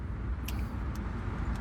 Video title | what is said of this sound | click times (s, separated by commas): Best DJI Osmo Action 5 Pro Quick Release? K&F Concept Review | Snap right into the other one and we are good to go. | 0.5 s